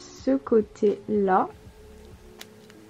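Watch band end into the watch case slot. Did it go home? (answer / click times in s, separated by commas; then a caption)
no / none. Someone slides the second end of a sport band into the slot on an Apple Watch Series 4 case while talking over soft music, followed by a quieter stretch with a couple of faint ticks near the end. Nothing has seated or locked yet.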